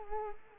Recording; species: mosquito wingbeat signal from an infrared sensor; Culex quinquefasciatus